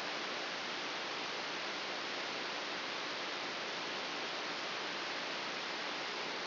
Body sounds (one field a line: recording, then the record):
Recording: brain microelectrode recording played as sound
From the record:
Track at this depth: inside the subthalamic nucleus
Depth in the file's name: 4.601 mm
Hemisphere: right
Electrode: 3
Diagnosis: Parkinson's disease